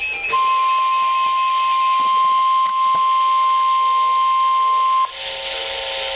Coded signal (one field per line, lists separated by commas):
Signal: Emergency Alert System (SAME) tones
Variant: 1050 Hz attention tone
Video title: EAS Alert #30 - Severe Thunderstorm Warning #9 5/12/14